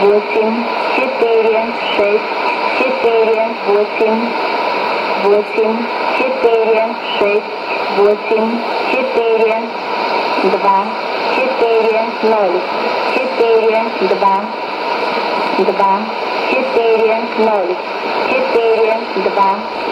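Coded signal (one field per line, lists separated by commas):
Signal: numbers station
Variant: S06s, Russian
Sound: female voice reading short, evenly spaced words in Russian over shortwave hiss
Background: radio static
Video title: 08 10 2019 S06s Russian Lady numbers station in Russian to Eu 0745 on 11560 unknown tx site USB+AM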